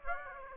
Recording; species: mosquito wingbeat signal from an infrared sensor; Aedes aegypti